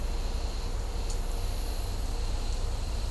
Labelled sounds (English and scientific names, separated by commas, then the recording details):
none
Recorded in dense forest near Puerto Asís, Putumayo, Colombia, on 18 December 2024 at 14:30
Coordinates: 0.503, -76.323
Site G043